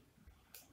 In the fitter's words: on déclipse.